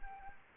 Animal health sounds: mosquito wingbeat signal from an infrared sensor; Anopheles arabiensis

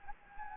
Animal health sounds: mosquito wingbeat signal from an infrared sensor; Anopheles gambiae

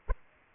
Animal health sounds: mosquito wingbeat signal from an infrared sensor; Aedes aegypti

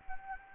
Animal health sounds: mosquito wingbeat signal from an infrared sensor; Anopheles gambiae

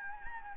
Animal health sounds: mosquito wingbeat signal from an infrared sensor; Anopheles gambiae

